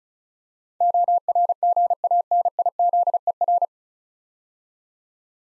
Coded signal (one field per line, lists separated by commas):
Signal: Morse code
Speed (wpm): 33 wpm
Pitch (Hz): 700 Hz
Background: none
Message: ORGANIZER